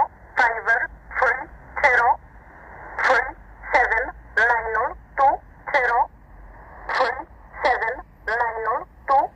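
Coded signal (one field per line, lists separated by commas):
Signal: numbers station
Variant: E11 Oblique, English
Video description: 13363 kHz USB - E11 'Oblique' Numbers Station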